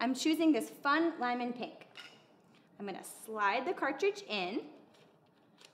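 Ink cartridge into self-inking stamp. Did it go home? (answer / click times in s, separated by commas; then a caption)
yes / 5.6 s. A replacement ink cartridge in a pink colour is slid into a self-inking stamp while someone talks. A short, sharp click is heard at 5.7 s as the cartridge seats home.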